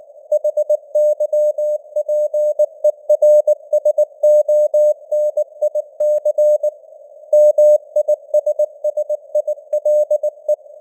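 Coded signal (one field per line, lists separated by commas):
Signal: Morse code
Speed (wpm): 19 wpm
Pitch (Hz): 600 Hz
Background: none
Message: HYPERSONIC MISSILE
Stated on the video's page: News headlines in Morse at 19 wpm with simulated radio noise and varying signal strength (QSB).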